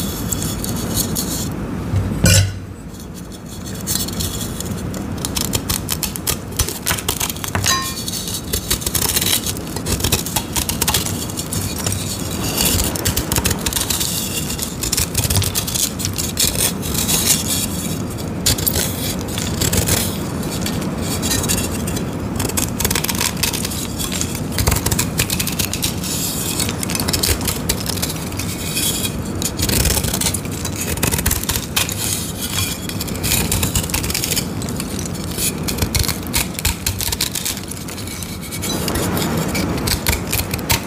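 Dense, continuous crunching and scraping as gym chalk shards are crushed, with a brief pause near three seconds and steady low rumble underneath.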